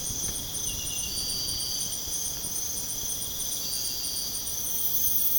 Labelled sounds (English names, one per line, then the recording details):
none
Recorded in pastures near Puerto Asís, Putumayo, Colombia, on 23 June 2025 at 04:30
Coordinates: 0.496, -76.326
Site GP01